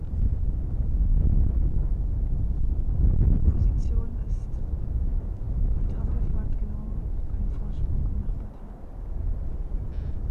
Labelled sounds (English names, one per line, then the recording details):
Arctic Fox
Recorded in the wild
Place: Insel Mednyi, Kommandeur-Inseln, RU
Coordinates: 54.5167, 168.083
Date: 1999-08-14 18:10
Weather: 8°C, dichter Nebel, starker Westwind
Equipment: Sony WM-D6C, Sennheiser ME 80, K 30 AV, Windkorb, Kopie Tascam DA 30
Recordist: Jakupi, Antje
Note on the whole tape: Südosten der Insel, nordwestliches Nachbartal des Hüttentals: Bellstrophen vom "Mt. Everest". Könnte aber auch von "Golanhöhen" kommen